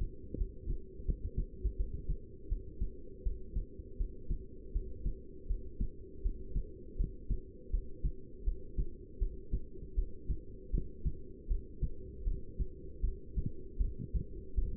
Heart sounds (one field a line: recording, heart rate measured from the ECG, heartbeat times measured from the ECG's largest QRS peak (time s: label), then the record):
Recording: heart sounds by stethoscope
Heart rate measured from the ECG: 80 bpm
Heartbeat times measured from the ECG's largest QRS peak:
0.38 s: heartbeat
1.06 s: heartbeat
1.77 s: heartbeat
2.49 s: heartbeat
3.24 s: heartbeat
3.98 s: heartbeat
4.73 s: heartbeat
5.47 s: heartbeat
6.23 s: heartbeat
6.97 s: heartbeat
7.71 s: heartbeat
8.44 s: heartbeat
9.19 s: heartbeat
9.95 s: heartbeat
10.71 s: heartbeat
11.48 s: heartbeat
12.24 s: heartbeat
13.01 s: heartbeat
13.78 s: heartbeat
14.56 s: heartbeat
From the record:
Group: heart failure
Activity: Valsalva maneuver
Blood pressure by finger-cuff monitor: 168/114 mmHg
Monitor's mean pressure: 128 mmHg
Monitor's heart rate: 80 bpm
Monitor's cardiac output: 7.3 L/min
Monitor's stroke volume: 90 mL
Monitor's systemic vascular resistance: 1320 dyn s/cm5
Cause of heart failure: non-ischemic cardiomyopathy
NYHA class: 1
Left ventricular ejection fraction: 62%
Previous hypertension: present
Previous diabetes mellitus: present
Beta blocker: bisoprolol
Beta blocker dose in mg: 10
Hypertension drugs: sacubitril-valsartan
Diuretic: furosemide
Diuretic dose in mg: 20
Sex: male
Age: 49 years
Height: 167 cm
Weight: 110 kg